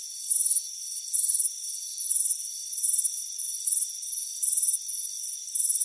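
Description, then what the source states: Cricket chirps: shrill pulsed bursts repeating roughly every half to one second, with a constant high whine underneath. Chirping crickets on a warm afternoon at a front porch.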